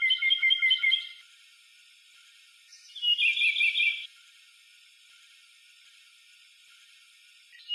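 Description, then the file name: European robin song: a quick trilled phrase, a long pause, a second rippling trill phrase, another pause, then the start of a third note. "Зарянка -Голос"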